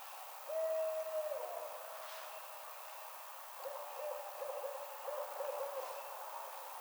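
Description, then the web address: Barred owl calling: a long drawn-out hoot sliding downward, then a series of shorter hoots at a steady pitch, over a soft background hiss. Recorded 22 March 2007. "Barred Owl 2007 03 22"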